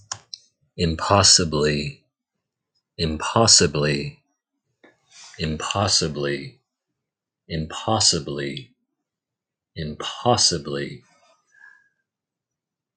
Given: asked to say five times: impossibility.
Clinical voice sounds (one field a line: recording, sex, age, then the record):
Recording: repeated word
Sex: male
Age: 20 to 29 years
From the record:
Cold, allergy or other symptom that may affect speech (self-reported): no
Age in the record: 29 years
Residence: California, United States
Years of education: 12